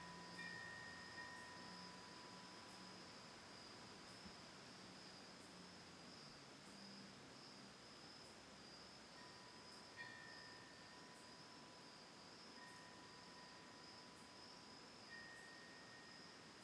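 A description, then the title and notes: Crickets trill in a steady, high, unbroken band all the way through, with faint regular chirps ticking above them. A single windbell rings, holding a clear, lingering tone at the start, then striking again around ten seconds and ringing on to the end. Autumn Night: Ithaca, New York. From a lakeside home in Ithaca, New York. Sounds of crickets, birds and a single tolling windbell.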